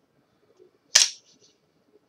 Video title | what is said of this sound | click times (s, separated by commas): My Out the front [OTF] switchblade collection | if your knife does that just simply pull it it clicks in place | 1.0 s